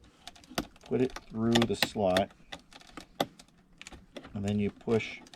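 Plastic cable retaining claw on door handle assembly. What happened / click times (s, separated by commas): The part is being handled and has not seated yet / none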